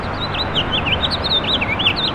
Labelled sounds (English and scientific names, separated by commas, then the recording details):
House Finch (Haemorhous mexicanus) song
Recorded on Long Island, New York, on 7 June 2012
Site SU
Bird B